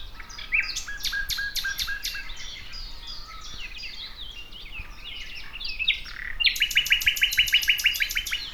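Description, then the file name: Common nightingale singing varied phrases of sharp clicks and whistles, ending in a fast, loud run of repeated rich notes. "Luscinia megarhynchos"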